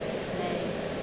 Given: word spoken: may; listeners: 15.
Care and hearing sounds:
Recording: one English word in noise, from a listening test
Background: speech-shaped noise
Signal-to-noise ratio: -5.8 dB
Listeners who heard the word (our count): 3 of 15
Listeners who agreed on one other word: 7 of 15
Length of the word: 0.63 s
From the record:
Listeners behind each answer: 7, 5, 3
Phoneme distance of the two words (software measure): 17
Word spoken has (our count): 1 syllable, 2 phonemes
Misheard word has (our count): 1 syllable, 3 phonemes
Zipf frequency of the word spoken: 5.68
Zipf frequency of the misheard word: 5.61

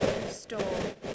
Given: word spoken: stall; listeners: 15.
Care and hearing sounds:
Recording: one English word in noise, from a listening test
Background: noise modulated by three-talker babble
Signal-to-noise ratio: -3.6 dB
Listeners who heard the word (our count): 0 of 15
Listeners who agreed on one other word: 12 of 15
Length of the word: 0.74 s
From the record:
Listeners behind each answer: 12, 1, 1, 1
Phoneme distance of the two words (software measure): 7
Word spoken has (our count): 1 syllable, 4 phonemes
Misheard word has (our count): 1 syllable, 3 phonemes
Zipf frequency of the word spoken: 4.18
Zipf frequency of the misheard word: 4.63

